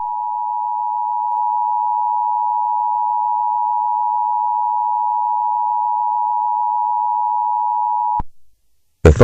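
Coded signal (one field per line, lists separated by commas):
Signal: Emergency Alert System (SAME) tones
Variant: 853 and 960 Hz attention tone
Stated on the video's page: Fictional Valentine's zombie EAS scenario, a simulated alert that uses valid EAS tones.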